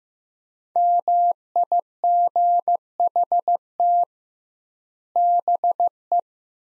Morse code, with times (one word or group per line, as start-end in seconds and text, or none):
0.8-4.0 MIGHT
5.2-6.2 BE